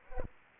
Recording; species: mosquito wingbeat signal from an infrared sensor; Aedes aegypti